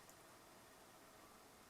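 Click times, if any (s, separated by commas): none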